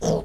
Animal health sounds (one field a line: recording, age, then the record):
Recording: pig call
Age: piglet (1 to 25 days)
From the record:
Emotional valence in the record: negative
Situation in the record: long isolation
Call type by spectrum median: low-frequency call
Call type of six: low-frequency stable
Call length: 0.24 s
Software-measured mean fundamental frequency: 57 Hz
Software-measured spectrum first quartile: 286 Hz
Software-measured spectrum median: 514 Hz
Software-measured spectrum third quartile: 1151 Hz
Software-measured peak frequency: 452 Hz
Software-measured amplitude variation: 124 dB a second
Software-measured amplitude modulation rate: 20.5 a second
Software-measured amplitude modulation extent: 6.1 dB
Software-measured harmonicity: 4.4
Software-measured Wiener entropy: -1.43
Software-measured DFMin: 1727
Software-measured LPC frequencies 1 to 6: 514, 3305, 5705, 6320, 7677, 9227 Hz